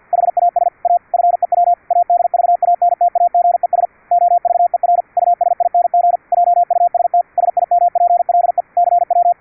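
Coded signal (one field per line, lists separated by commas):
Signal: Morse code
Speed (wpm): 50 wpm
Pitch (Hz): 700 Hz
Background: radio noise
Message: HAS A FEW ADVANTAGES OVER USING JUST SIMPLE CW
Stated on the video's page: CW sent over internet on a Mumble server at simulated 10 kHz VLF, received with QUISK SDR using adjustable pitch, AGC and CW bandpass filters.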